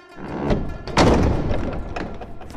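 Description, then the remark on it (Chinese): The wooden door of the main room of Wutong Pavilion creaks as it is pushed open, a drawn-out, groaning creak with a dull thump partway through, fairly loud and without any voices. “吱呀声响，梧桐阁正房的木门被推开，”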